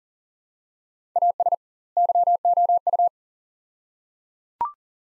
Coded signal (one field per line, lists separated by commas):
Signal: Morse code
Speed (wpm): 38 wpm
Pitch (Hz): 700 Hz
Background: none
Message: AS YOU